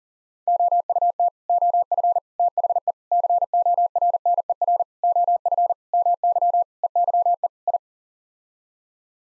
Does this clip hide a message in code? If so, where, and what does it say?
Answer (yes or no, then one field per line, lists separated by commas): yes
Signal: Morse code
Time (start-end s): 0.5-7.8 s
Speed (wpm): 40 wpm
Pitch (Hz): 700 Hz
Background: none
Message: OUT OF THE CORNER OF MY EYE I